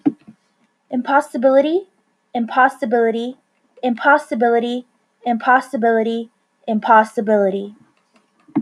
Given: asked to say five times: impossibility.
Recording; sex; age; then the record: repeated word; female; 30 to 39 years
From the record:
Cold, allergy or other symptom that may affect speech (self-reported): no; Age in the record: 35 years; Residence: California, United States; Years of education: 14